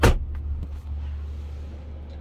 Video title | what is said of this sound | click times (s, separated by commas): 2011 Tundra Limited | if you don't it snaps right in divides it up nice and even for you | 0.0 s